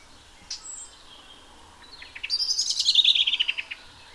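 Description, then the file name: European robin song: a high thin note, then a rapid sparkling trill of descending notes. "Erithacus rubecula"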